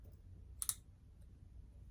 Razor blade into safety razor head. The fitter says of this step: that just slides in right here and you'll hear a little click